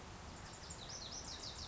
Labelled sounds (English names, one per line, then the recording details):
Lazuli Bunting
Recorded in Sonoma County, California